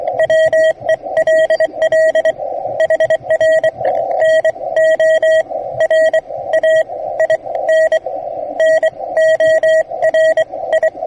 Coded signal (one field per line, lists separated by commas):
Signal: Morse code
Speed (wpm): 24 wpm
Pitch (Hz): 640 Hz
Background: radio noise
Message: WELL HR NO RAIN NO RI